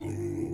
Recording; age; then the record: pig call; weaner (32 to 43 days)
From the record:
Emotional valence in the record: positive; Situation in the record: positive conditioning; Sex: female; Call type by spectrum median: low-frequency call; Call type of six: low-frequency stable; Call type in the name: low-frequency stable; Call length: 0.53 s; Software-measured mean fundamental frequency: 56 Hz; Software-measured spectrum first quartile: 144 Hz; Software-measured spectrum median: 294 Hz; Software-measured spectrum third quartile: 402 Hz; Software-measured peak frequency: 332 Hz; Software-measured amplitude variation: 138 dB a second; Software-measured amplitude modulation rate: 29.1 a second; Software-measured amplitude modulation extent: 4.7 dB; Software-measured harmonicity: 3.2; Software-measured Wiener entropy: -0.33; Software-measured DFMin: 881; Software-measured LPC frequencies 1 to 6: 334, 2084, 3555, 4967, 6461, 6986 Hz